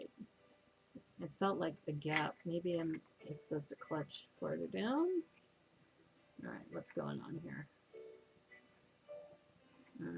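Someone talks while pressing a plastic building brick onto the studs of a DOTS Banana Pen Holder build (set 41948), but the brick does not grip. The brick fails to clutch, and nothing has seated or clicked yet.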